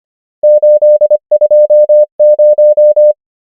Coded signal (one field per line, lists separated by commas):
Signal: Morse code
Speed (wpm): 25 wpm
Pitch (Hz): 600 Hz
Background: none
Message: 8 2 0